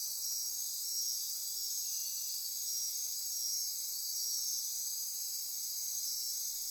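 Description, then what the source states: Unbroken insect chorus, a high shimmering buzz made of several layered trills, steady in volume. Insect chorus recorded at midnight near Corcovado.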